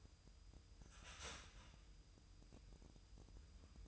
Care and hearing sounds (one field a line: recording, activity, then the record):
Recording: daily activity, microphone in the room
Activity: start toaster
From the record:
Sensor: 2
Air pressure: 988.4 hPa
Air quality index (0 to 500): 192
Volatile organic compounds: 186 ppm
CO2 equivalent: 4166 ppm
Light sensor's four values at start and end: 20/68/27/25 and 20/68/27/25